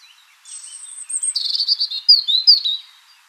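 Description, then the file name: European robin singing one tumbling phrase that opens with a thin high whistle and runs into quick warbled trills and sharp descending notes. "Erithacus rubecula"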